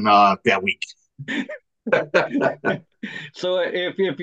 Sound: all laughing